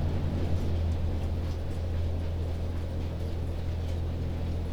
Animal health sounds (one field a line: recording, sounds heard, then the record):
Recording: poultry house recording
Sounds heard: no chicken sound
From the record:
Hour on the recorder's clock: 21